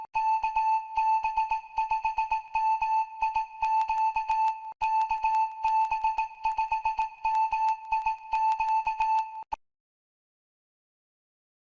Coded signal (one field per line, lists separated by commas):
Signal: Morse code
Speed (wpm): 19 wpm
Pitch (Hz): 880 Hz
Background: music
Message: KB5MIQ KB5MIQ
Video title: My tips for mobile and home radio installs #hamradio #mtc #mfj #hfradio